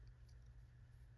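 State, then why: Not seated. A yoke screw is handled as it is put into the frame of a Smith & Wesson K-frame revolver during the final steps of an action job. Only faint, light handling noise is heard over a steady low hum, with no sharp transients. Nothing has seated or clicked yet.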